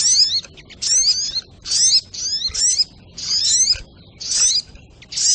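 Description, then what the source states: Little spiderhunter song: loud, high phrases of squeaks and down-slurs, given in uneven bursts separated by short silences. Masteran (Indonesian songbird training recording), labelled with the variant name Labaik.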